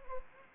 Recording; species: mosquito wingbeat signal from an infrared sensor; Anopheles gambiae